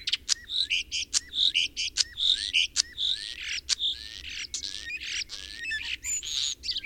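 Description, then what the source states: Common starling singing a fast chattering run of short clicks mixed with bright whistled notes and slurred upward whistles, nearly continuous throughout. Recorded in spring.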